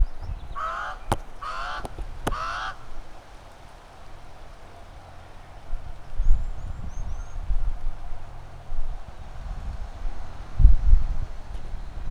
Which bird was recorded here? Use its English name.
Pied Crow